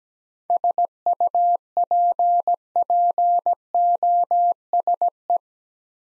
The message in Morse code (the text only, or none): SUPPOSE